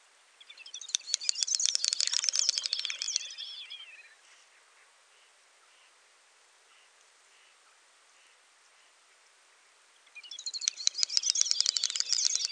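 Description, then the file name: Great snipe display song: a three-second burst of rapid clicks and bubbling high twitters, a quiet gap of about six seconds, then another burst begins. "dubelt"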